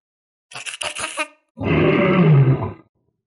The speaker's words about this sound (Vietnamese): Trong âm thanh quen thuộc của con khỉ tiểu hôi còn kèm theo mấy tiếng gầm khác.